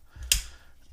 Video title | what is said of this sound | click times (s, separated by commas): New!!! Benchmade Casbah 4400-1 Automatic Knife: Full review | it has a solid snap and it just locks in place | 0.3 s